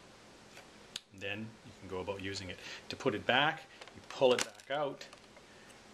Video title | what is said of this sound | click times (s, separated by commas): Dirt Devil AccuCharge Hand Vac Review | in and that locks it into place | 1.0 s